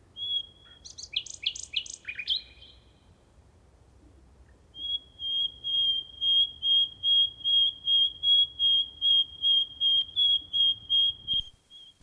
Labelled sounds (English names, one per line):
Common Nightingale song